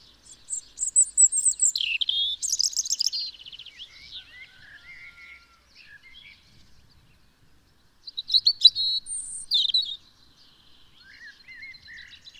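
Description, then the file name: European robin song: two bursts of high, sweet warbling and trilled notes, divided by a quiet pause with a few soft notes. "Erithacus rubecula"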